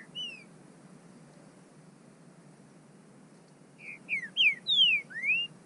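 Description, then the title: Bird gives a single whistle, then after a long pause a quick burst of four or five slurred, rising and falling whistles. "burung"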